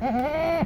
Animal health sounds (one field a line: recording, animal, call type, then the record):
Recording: contact call of a hoofed animal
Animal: goat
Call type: low-frequency (closed-mouth) or high-frequency (open-mouth) call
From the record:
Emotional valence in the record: negative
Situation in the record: short social isolation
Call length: 0.66 s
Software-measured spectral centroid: 1520 Hz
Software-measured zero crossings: 1270 a second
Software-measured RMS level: -24 dBFS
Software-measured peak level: -12 dBFS